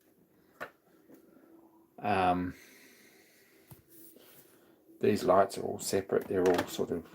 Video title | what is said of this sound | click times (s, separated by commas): Spareroom Machineshop is live sept 18 | and this piece here so this still actually shuts and Clicks in place | 0.6 s